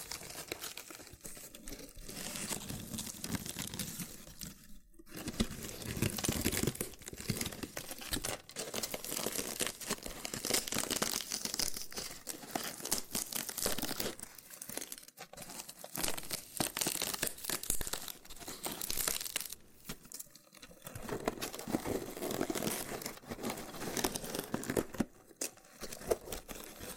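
Loofah sounds fill the clip with dense, scratchy crinkling and peeling textures, bright and busy throughout. Brief near-silent gaps break it up around 5, 15, 20 and 25 seconds, and small pops and crunches stand out now and then.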